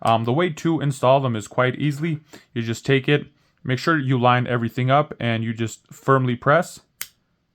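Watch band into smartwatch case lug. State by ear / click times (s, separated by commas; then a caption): seated / 7.0 s. Someone talks while lining up a replacement watch band for the orange bands with the lug slot on a Samsung Galaxy Watch Ultra case and pressing it in firmly. A short, sharp click is heard at 7.0 s as the band snaps into the watch body, meaning it is seated and installed.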